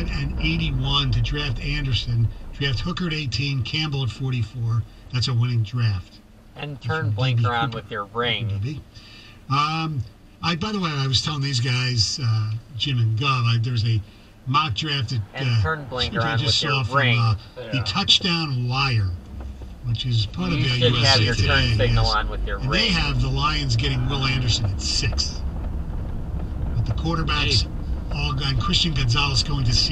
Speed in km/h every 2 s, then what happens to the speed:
6, 0, 0, 0, 0, 0, 0, 0, 0, 0, 16, 24, 27, 27, 29.
1-18 standing. 18-23 pulls away to 27. 23-30 steady at about 27.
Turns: none.